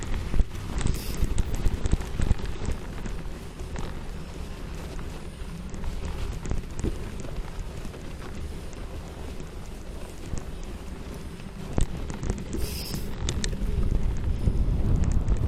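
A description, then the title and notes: A city cycle path after a snowstorm, filled with a steady, dense low rumble like traffic mixed with wind buffeting the microphone. Scattered short clicks and scrapes cut through now and then, and the rumble swells slightly louder in the last few seconds. Hämeentie (Helsinki) cycle path after a snowstorm. We had a major snowstorm in Helsinki today and what better way to celebrate than grab the mountain bike and go out for a ride.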